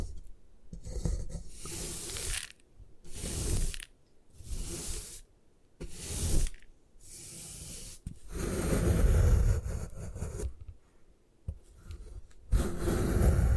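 Gym chalk being crushed and rubbed in bursts of gritty, hissing friction, each lasting about one to two seconds. Quiet gaps separate the strokes, and a longer, heavier grinding run comes around eight to ten seconds, with a final burst at the end.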